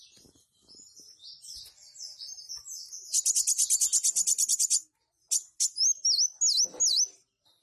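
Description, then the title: Purple-throated sunbird song: soft thin notes building into a fast, loud buzzy rattle, then a pause and several clear swooping V-shaped chirps. "Kolibri Wulung"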